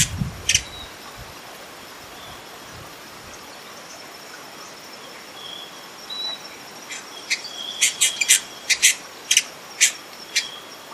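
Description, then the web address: Hyacinth visorbearer giving sharp, high, dry chips, a few scattered early and then a quick irregular burst near the end, over steady faint hiss. "Hyacinth visorbearer. صدای-پرنده-آفتابگیر-سنبلی"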